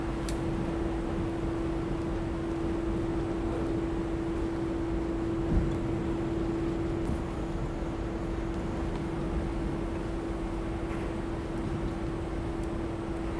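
A street in Kabuki-cho and Golden-Gai, Shinjuku, Tokyo, filled with a steady, dense rumble like traffic or idling engines. A constant low-mid hum runs unbroken underneath the whole time. A few faint clicks and knocks stand out, the sharpest near the middle.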